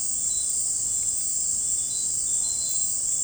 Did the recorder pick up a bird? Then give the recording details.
no. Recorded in dense forest near Puerto Asís, Putumayo, Colombia, on 29 June 2025 at 18:30. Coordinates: 0.503, -76.323. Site G059